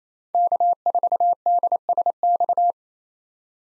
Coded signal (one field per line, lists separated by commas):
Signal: Morse code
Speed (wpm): 28 wpm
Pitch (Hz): 700 Hz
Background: none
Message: K4DSX